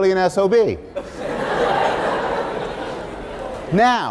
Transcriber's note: laughter